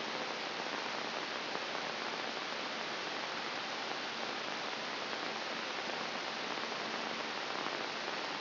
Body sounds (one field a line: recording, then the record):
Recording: brain microelectrode recording played as sound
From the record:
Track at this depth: inside the subthalamic nucleus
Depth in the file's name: 1.949 mm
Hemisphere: right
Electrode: 3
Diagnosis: Parkinson's disease